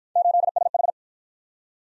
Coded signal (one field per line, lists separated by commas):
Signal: Morse code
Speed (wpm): 55 wpm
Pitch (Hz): 700 Hz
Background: none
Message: 8SH